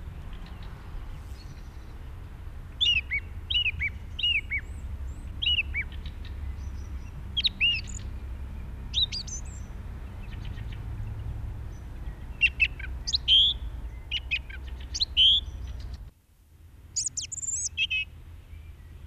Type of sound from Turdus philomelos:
song